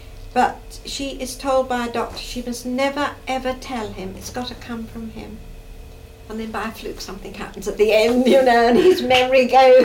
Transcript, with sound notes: But she is told by a doctor, she must never, ever tell him. It's got to come from him. And then by a fluke something happens at the end, you know. [laughs] And his memory goes--
Ah.